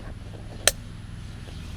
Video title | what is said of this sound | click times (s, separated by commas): UNVEILING THE INVISIBLE: See-Through TideWe Hunting Blind Review | the Buckle snaps in right here you can hear that's really | 0.7 s